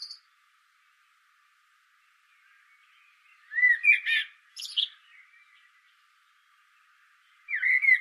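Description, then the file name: Common blackbird song: a brief fluted warble followed by a squeaky, twittering flourish after a quiet pause, then another mellow phrase begins at the end. "Turdus merula"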